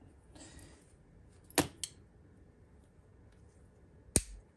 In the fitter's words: it is so it just snapped right in